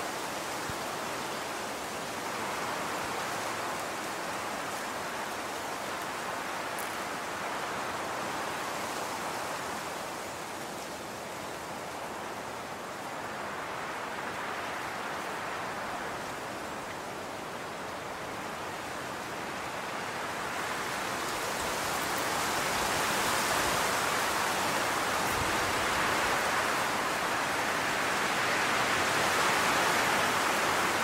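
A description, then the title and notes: Wind rushes steadily through the forest in a dense, airy hiss, swelling in slow gusts and growing stronger over the last ten seconds. Dancing Forest in The Blowing Wind. The sound of the wind.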